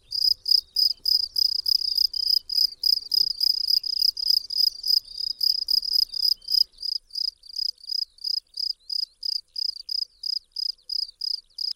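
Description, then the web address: Field cricket song of rapid, shrill chirps, about three a second, steady and continuous, loud at first and a little softer later, with no other sounds. "Tajemnice puszczy Swierscz polny"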